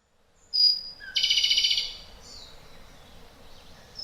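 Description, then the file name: European robin singing a high thin whistle, then a rapid buzzy trill of repeated notes, trailing into soft high warbling. "Зарянка -Голос"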